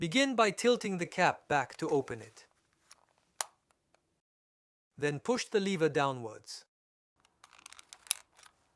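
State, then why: Seated. Someone talks while the plastic dose lever of a Diskus disc dry-powder inhaler is pushed down into the inhaler body. A few faint ticks lead into a sharp click at 8.1 s as the lever latches into place, loading a dose ready to be inhaled.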